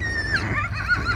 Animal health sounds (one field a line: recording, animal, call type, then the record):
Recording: contact call of a hoofed animal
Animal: Przewalski's horse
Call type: whinny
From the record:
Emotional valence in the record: positive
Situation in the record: food anticipation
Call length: 1.16 s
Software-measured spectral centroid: 2140 Hz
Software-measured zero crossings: 2750 a second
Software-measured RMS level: -24 dBFS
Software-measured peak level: -12 dBFS